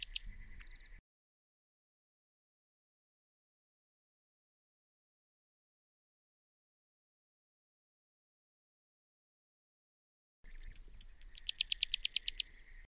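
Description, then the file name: Pyrrhuloxia with brief high notes at the start, a long silent gap, then a rapid run of sharp, high chips near the end. "suara-panggilan-burung-pyrrhuloxia-1-omkicau"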